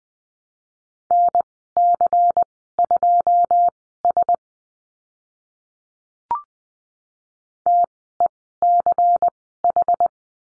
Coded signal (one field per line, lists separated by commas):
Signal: Morse code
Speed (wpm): 20 wpm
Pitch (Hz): 700 Hz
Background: none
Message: NC2S TECH